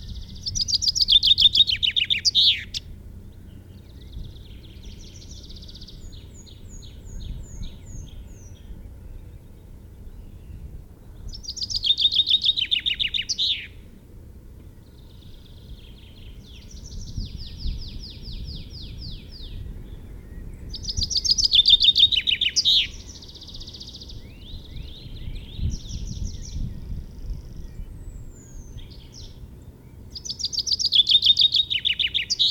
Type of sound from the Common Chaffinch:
song